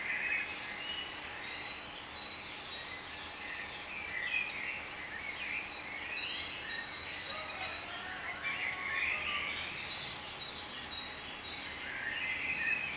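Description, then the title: Many birds chattering at once, quick high chirps and twitters repeating rapidly and irregularly above a quiet steady hum. "cizici, birds"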